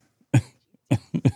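Four short, loud, low-pitched cough bursts from an adult woman with COVID: one, a pause, then a quick cluster of three.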